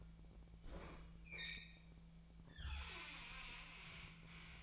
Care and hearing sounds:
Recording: daily activity, microphone in the room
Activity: open fridge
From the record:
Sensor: 1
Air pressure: 1009.7 hPa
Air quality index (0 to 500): 194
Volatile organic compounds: 19 ppm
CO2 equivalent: 2655 ppm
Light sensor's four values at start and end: 30/77/32/38 and 30/77/32/39

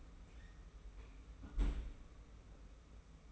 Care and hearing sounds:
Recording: daily activity, microphone in the room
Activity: close fridge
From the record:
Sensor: 1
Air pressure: 991.0 hPa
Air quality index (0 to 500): 112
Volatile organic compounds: 124 ppm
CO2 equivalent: 3894 ppm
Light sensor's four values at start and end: 19/45/19/21 and 19/45/19/20

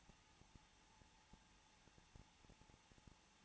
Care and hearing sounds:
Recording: daily activity, microphone in the room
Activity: no activity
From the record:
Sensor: 1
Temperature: 20.2 degrees Celsius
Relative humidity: 35.7%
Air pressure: 994.5 hPa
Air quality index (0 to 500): 182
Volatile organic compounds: 7 ppm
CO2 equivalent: 1999 ppm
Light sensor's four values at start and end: 1/2/1/1 and 1/2/1/1

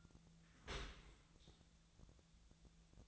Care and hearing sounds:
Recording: daily activity, microphone in the room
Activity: open dishwasher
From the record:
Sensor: 3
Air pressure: 1000.5 hPa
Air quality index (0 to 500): 177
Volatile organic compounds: 3 ppm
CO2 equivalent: 1529 ppm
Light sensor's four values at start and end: 14/37/14/16 and 14/37/14/16

